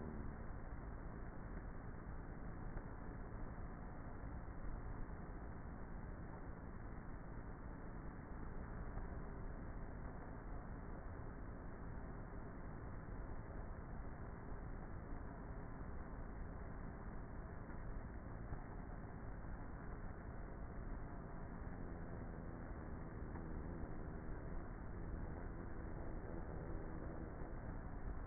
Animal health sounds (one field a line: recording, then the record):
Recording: honeybee colony, microphone inside the hive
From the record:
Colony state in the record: queenless with a low population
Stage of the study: before two queens were removed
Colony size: about 30,000 bees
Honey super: no